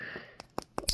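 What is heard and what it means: A plastic eye piece is pushed into the face piece of a Lego Bionicle Nuju figure until it clicks fully in, with its little fin seated all the way. After a soft tick at 0.4 s, two sharp clicks come at 0.6 s and 0.8 s, and a final bright snap follows at 0.9 s. The eye piece ends up fully seated in the face.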